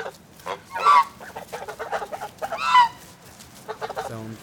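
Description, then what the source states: Goose: geese honking, two loud nasal honks about two seconds apart amid softer clucking and chattering notes from several birds. A group of geese.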